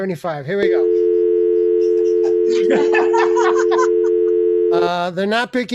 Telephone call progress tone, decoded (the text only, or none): dial tone